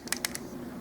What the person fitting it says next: You can hear it click. It just clicked in.